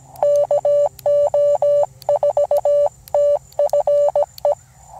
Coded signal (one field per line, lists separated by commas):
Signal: Morse code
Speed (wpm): 17 wpm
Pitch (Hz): 580 Hz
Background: none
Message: KO4TFE